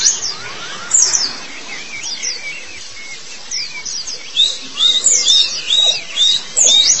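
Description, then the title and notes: White-eye song: high, sweet twittering with rising and falling slurred notes, coming in lively bursts with quieter gaps between. Long-duration recording of the chirping song. "Kicauan Burung Pleci Durasi Panjang. Suara kicauan burung pleci"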